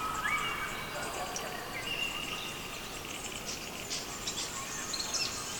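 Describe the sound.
Birds singing in a chorus of thin whistled phrases and chirps, with a steady background hiss throughout.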